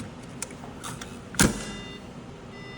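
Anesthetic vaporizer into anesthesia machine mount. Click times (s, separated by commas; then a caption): 1.4 s. A sevoflurane anesthetic vaporizer is slid onto its mounting bar on a GE anesthesia machine, with a few faint taps as it moves along. It clicks into place at 1.4 s, seated in the mount and ready to be locked.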